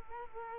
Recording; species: mosquito wingbeat signal from an infrared sensor; Culex quinquefasciatus